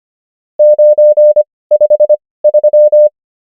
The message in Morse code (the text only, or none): 953